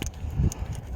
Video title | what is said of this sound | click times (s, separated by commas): Changing Oxygen Sensors 2001 Chevy Silverado 1500 4.8l V8 Bosch O2 Sensors Part 2 | I did I heard the snap | 0.5 s